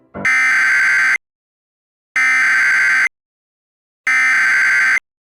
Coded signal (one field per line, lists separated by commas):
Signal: Emergency Alert System (SAME) tones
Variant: header bursts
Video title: TGC - An EAS Scenario